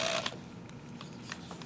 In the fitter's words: and then you should hear those clicks again